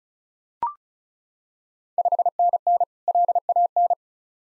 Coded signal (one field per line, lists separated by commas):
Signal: Morse code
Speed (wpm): 36 wpm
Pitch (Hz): 700 Hz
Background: none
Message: 5NN LAN